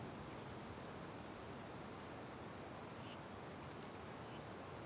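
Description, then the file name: Crickets chirping in high, regular pulsed bursts over persistent strong wind. Crickets in strong wind at the Simão Correa waterfall. "Ambiencia com Vento Forte Passaros e Grilos na Cachoeira Simao Correa"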